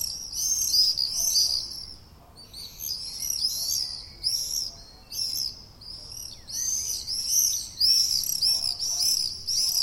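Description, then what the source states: Several common swifts screaming together, harsh high-pitched trilled screeches in clustered bursts with short gaps, almost continuous throughout. Common swift calls, recorded 6 June 2014.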